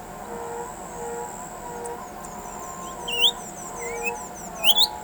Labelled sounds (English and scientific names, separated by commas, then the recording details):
Yellow Oriole (Icterus nigrogularis)
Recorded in pastures near Pivijay, Magdalena, Colombia, on 13 April 2023 at 06:00
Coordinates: 10.456, -74.369
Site P6-G026